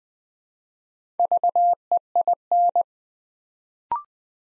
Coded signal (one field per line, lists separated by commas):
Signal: Morse code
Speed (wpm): 20 wpm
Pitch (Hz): 700 Hz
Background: none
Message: VEIN